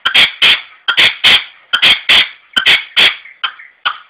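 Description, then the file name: Red-legged partridge with loud, rasping chuck notes in paired bursts, repeated about once a second and tailing off at the end. "perdiz roja-sonido"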